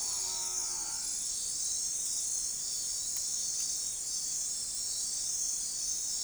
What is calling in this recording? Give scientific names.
none